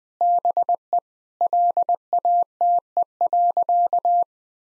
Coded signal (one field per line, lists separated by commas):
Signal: Morse code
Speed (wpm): 20 wpm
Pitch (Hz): 700 Hz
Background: none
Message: BE LATE.